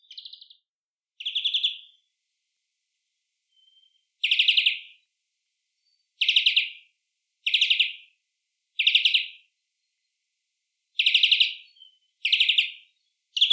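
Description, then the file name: European greenfinch uttering a series of harsh buzzy chirps at irregular intervals against a quiet background. "Chloris chloris"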